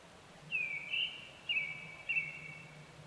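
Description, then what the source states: Japanese thrush giving a short whistled phrase of four drawn-out, slightly falling notes, with a faint low hum underneath. Recorded 25 April 2010 at 18:00.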